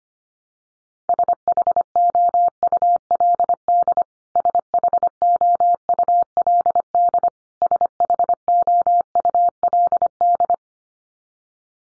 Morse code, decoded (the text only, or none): SHOULD SHOULD SHOULD